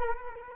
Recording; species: mosquito wingbeat signal from an infrared sensor; Culex quinquefasciatus